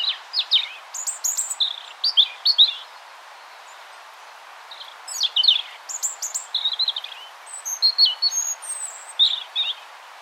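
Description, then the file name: European robin singing in a rapid run of high, sweet, warbling phrases with quick trills and thin whistled notes, pausing for a few seconds before resuming. "Erithacus rubecula"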